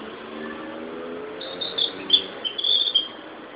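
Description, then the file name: Narcissus flycatcher: high whistled bird phrases of flycatcher type, a few quick slurred notes, over a steady background hum with low tonal noise. "Ficedula narcissina"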